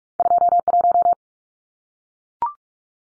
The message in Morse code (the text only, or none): 21